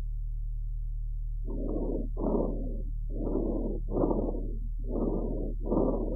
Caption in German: Fohlen mit Bronchitis sind wegen der oft kürzeren Krankheitsdauer an Lunge und Trachea häufiger feuchte Rasselgeräusche hörbar. Ein feuchtes Rasselgeräusch über der Trachea.